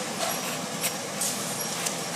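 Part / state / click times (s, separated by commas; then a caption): cardboard tray tab into display side slots / not seated / none. A cardboard display tray, with two notches on its sides and a tab at the bottom, is angled so its side notches go into the display's side slots. Soft cardboard rustling and scraping runs throughout, with brief scuffs near 0.9, 1.2 and 1.9 seconds. Nothing has seated or clicked yet.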